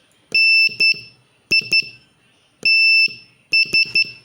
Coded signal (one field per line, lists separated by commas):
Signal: Morse code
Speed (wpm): 11 wpm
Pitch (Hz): 2650 Hz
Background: none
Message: NITS